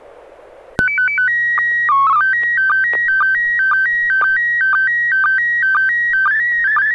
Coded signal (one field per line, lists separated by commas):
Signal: SSTV (slow-scan television)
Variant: PD 120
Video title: N6NA SSTV Net - 03/01/2023